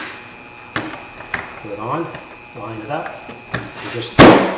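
A plastic engine cover is being lined up with its grommets over the mounting pins under the hood of a 2006 Cadillac STS 3.6 liter during a water pump replacement, while someone talks. Sharp handling knocks land around 0.8 s and 1.3 s, with a louder thump near 4.2 s. Nothing has seated or clicked yet.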